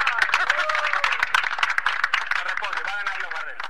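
A crowd applauds steadily for a few seconds at the celebration of the 400th programme of Fractura Expuesta, dense rapid clapping mixed with cheers and whoops rising above it throughout.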